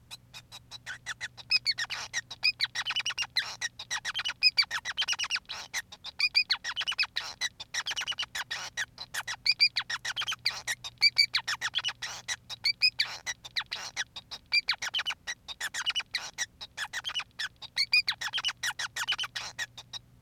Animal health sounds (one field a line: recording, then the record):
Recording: song of a male Bengalese finch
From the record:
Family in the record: son of father 5